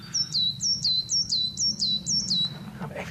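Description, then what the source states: Coal tit song: a bright two-note motif, high then dropping, repeated about five times at a brisk even pace over a low rumble. Two-note motif like the great tit's but higher and slightly faster; noticeably smaller than the great tit, possibly why it sings higher.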